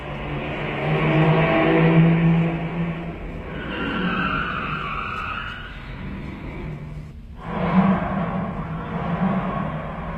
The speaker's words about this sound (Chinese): 汽车又开走了，大家松了一口气。